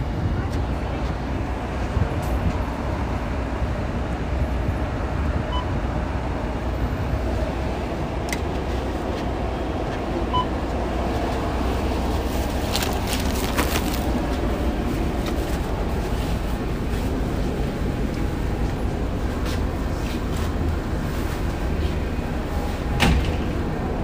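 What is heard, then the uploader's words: A bus rolls along steadily from the inside, with a continuous low engine rumble and road noise that stay level throughout. Brief clicks and rattles break through now and then, especially around the middle and near the end, with faint voices under the drone. Al Nadha to Deira city centre Dubai travel experience. Using 22 bus I'm traveling to Deira city centre bus station.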